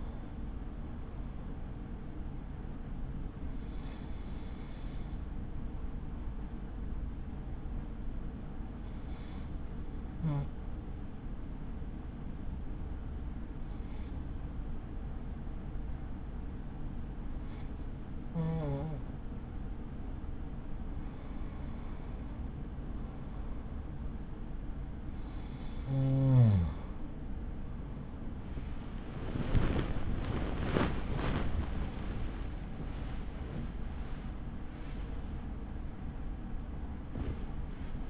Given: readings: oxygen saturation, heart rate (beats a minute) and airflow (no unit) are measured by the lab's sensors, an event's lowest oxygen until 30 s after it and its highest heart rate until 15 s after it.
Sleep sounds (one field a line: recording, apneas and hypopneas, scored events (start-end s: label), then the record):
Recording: breathing in sleep by a smartphone at the bedside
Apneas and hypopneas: 1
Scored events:
3.00-31.70 s: hypopnea (N1, oxygen 96% highest, then 94% lowest, heart rate 51 at the start, 76 highest)
From the record:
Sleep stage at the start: N1 (lightest sleep)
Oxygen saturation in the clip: 94 to 96%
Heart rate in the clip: 41 to 76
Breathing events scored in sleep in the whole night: 83 in 6.1 hours asleep